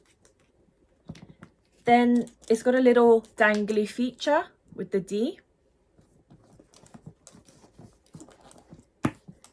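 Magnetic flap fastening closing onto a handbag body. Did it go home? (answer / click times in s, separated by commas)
yes / 9.1 s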